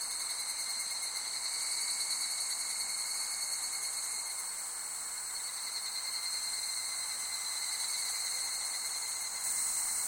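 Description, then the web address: Insect chorus of steady high buzzing and pulsed trills, one bright rattling voice joining near the end. Summer ambience of insects recorded in Japan. "Sound Effects-Foundation 1 AMBIENCE JAPANESE SUMMER INSECTS"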